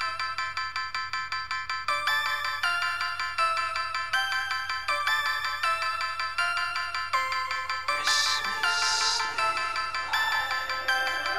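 A bright, tinkling bell tune plays for the Christmas sleigh ride, with quick, evenly spaced notes ringing over each other in a steady, busy melody. Around eight to nine seconds, a hissing jingle-like shimmer rises briefly above the chimes, then fades.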